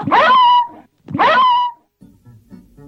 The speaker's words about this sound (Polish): Także i ta psina nie wynarodowiła się i szczeka czystym wileńskim akcentem.